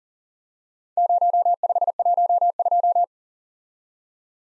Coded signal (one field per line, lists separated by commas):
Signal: Morse code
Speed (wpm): 40 wpm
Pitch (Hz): 700 Hz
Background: none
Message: 0512